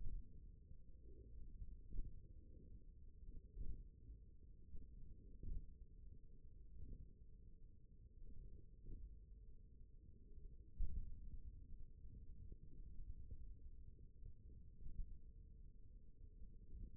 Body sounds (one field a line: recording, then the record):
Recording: forearm muscle sounds (acoustic myography)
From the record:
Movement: index flexion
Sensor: system 1, eight BSWA MPA416 microphones around the upper forearm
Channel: 4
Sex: male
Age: 28 years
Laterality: right